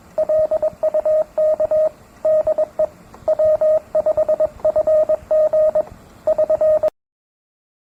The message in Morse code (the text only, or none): LUK DE W5FG <SN>